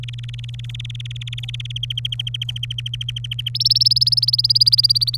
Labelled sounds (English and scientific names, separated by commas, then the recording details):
Domestic Canary (Serinus canaria) song
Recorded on 27 April 2018 at 14:04
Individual llb3